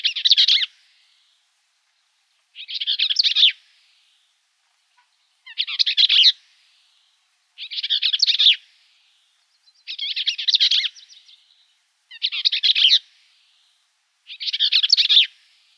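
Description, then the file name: Bell's vireo singing seven chattering, husky phrases, each about a second long, repeated steadily every two seconds or so with silent gaps between and no other sounds. Recorded in Arizona on 3 October 2006. "BEVI 5 deviche"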